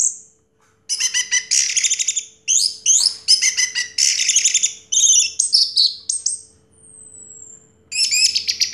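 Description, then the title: Orange-headed thrush song: dense bursts of rapid, buzzy, high notes, with a thin drawn-out whistle before a final burst. Sound used to prompt a silent orange-headed thrush to sing. "Anis Merah Macet.. Pancing Dengan Suara Ini.. # Anis Merah"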